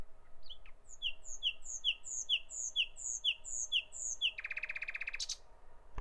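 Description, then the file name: Common nightingale repeating one bright, chirping note about eight times in even succession, then breaking into a harsh rattling burst. "Nachtigall"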